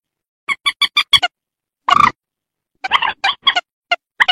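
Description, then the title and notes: Rail with a fast run of short ringing notes, then a harsh croaking burst, then further hoarse, stuttered calls. "Kicau Burung Mandar"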